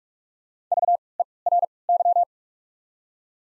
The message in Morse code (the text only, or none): VERY